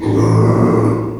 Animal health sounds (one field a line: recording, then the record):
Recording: squeal of a Yucatan mini pig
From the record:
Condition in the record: before surgery on the right vocal fold (resection and tissue-engineered implant)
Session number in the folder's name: 1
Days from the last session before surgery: -3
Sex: male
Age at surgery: 12 weeks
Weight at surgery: 13 kg